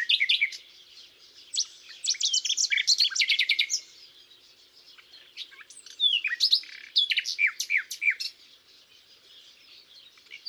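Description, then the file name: Common nightingale song: a rapid, loud rattling trill, a short pause, then ringing descending notes delivered in quick succession. "Luscinia megarhynchos"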